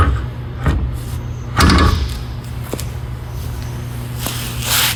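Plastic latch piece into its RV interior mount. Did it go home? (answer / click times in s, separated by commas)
no / none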